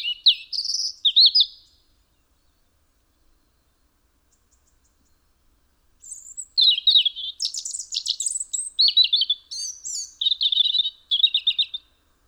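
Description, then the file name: European robin song, fluid high warbling phrases with thin whistles and trills, a brief phrase at the start, a pause of several seconds, then a long varied run. "Erithacus rubecula"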